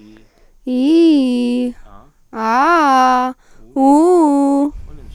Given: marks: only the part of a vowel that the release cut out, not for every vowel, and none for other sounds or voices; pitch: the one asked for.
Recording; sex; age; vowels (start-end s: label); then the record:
sustained vowels; female; 18 to 19 years
0.71-1.64 s: vowel /i/, low-high-low pitch
2.42-3.25 s: vowel /a/, low-high-low pitch
3.81-4.62 s: vowel /u/, low-high-low pitch
From the record:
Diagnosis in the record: healthy voice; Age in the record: 18 years